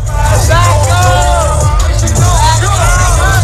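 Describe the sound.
A packed crowd shouting over one another as people urge others to back up; a dense, steady roar of overlapping voices with a heavy low rumble underneath, loud throughout.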